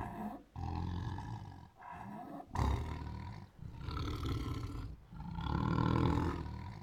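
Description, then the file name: Siberian tiger growling and roaring in deep, rumbling bursts of about one to two seconds, separated by brief pauses. Aggressive growls, roars and snarls. "Siberian Tiger Aggressively Growls, Roars and Snarls 1 [Sound Ideas]"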